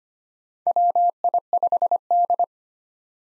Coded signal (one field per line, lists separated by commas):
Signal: Morse code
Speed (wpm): 25 wpm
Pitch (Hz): 700 Hz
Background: none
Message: WI5D